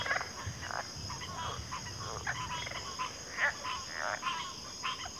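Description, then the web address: Crickets keep a steady high-pitched trill beneath busy, overlapping croaking calls. Cricket chorus in a backwater. "WLL Grade 1-12 Pre-Uni Library Enter Natures Songs Sleep Sounds of Nature CRICKETS 03 Backwater Chorus"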